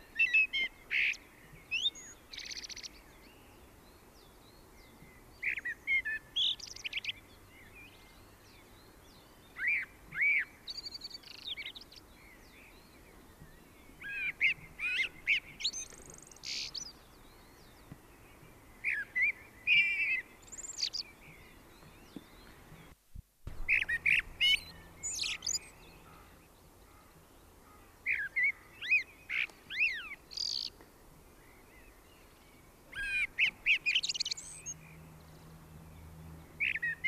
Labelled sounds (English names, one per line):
Common Blackbird song